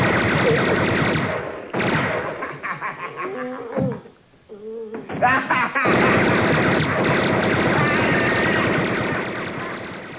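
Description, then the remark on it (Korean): Loud, rapid bursts of movie-style gunfire from a film clip featuring Macaulay Culkin rattle almost nonstop, break off briefly midway for a wavering cry-like tone, then resume in a long, sustained volley. “진짜 총소리가 네, 뭐 영화니까요.”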